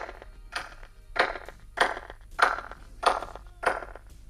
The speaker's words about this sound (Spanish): si viéramos esas mismas palmas en el lado derecho del anillo de piedras exterior de Stonehenge, escucharíamos esto que el Dr. Till ha grabado.